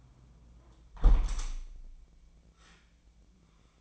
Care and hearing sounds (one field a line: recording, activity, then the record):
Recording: daily activity, microphone in the room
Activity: close window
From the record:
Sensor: 1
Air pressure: 1012.4 hPa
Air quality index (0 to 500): 168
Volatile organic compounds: 3 ppm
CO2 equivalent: 1369 ppm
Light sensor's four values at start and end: 146/329/145/153 and 153/341/152/160